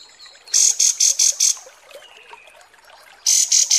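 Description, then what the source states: Kapas tembak chirps: a series of five loud, sharp high notes given in quick succession, a pause, then three more. Masteran tutor song for training cage birds, described as deluxe (mewah).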